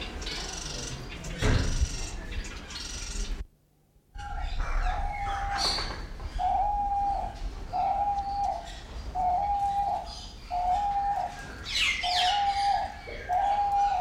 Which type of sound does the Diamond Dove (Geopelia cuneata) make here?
call